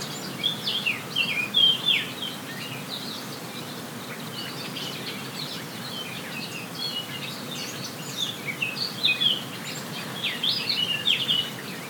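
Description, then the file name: Birds chirping and twittering in bursts of quick high notes, busiest at the start and near the end, over a constant soft background noise. Forest birds on La Palma, binaural 3D recording. "Zvuki lesa Vogel La Palma"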